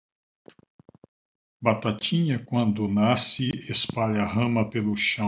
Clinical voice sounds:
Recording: short text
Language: Brazilian Portuguese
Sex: male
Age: 60 to 69 years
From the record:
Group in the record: control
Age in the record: 67 years

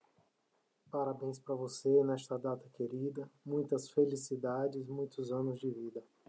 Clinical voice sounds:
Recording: short text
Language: Brazilian Portuguese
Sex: male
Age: 40 to 49 years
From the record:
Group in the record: control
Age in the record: 43 years

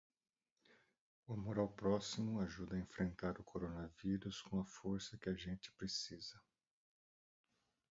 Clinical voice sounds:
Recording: spoken sentence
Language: Brazilian Portuguese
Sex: male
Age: 60 to 69 years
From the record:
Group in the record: control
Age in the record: 61 years

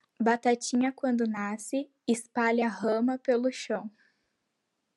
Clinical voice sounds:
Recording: short text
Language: Brazilian Portuguese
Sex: female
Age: 18 to 19 years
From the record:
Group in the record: control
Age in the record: 19 years

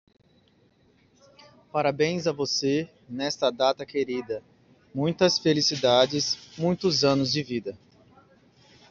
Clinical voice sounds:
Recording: short text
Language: Brazilian Portuguese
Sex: male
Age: 30 to 39 years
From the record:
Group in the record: control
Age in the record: 34 years

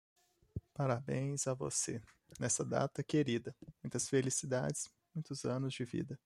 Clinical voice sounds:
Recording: short text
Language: Brazilian Portuguese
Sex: male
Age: 20 to 29 years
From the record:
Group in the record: control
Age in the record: 24 years

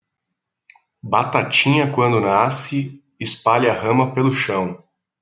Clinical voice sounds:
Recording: short text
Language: Brazilian Portuguese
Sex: male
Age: 30 to 39 years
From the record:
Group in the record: control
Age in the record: 35 years

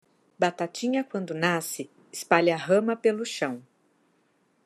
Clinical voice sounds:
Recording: short text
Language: Brazilian Portuguese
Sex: female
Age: 40 to 49 years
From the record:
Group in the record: control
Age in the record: 41 years

